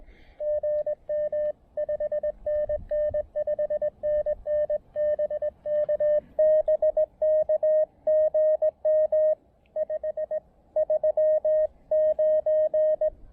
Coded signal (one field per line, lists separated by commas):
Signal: Morse code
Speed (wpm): 20 wpm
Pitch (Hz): 590 Hz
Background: radio noise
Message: GM 5NN 5NN BK BK GM 5 39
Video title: Mount Pisgah: SOTA from an Observation Deck Rail and an Improvised Wire Antenna Deployment!